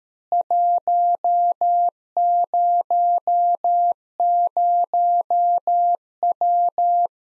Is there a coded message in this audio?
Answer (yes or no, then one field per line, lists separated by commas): yes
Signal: Morse code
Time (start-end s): 0.3-7.1 s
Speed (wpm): 13 wpm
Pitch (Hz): 700 Hz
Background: none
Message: 100W